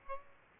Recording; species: mosquito wingbeat signal from an infrared sensor; Aedes aegypti